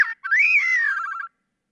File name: Gray-cheeked Thrush